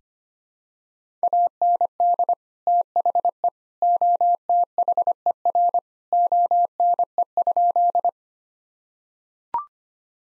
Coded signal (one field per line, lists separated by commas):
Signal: Morse code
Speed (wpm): 25 wpm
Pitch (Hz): 700 Hz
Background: none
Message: AND THE OTHER ONE?